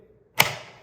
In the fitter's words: You go towards the front, and then make sure to put it in here until you hear a certain click.